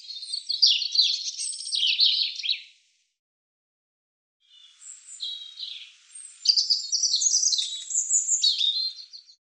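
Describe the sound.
European robin song: a fast, tinkling warbled phrase, a short pause, then a longer sequence of high, varied twittering notes and thin whistles.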